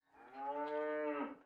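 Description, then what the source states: Cow mooing: a single drawn-out, rich, harmonic moo lasting over a second, swelling then fading at the end. Cow calling in a barn.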